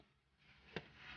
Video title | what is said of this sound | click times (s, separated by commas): How To Repair Crank No Start No Communication with FPCM on HUMMER P0230 - U0109 | as you heard, the big clicking sound, | 0.8 s